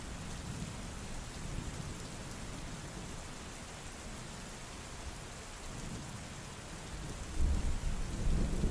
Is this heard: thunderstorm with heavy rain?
yes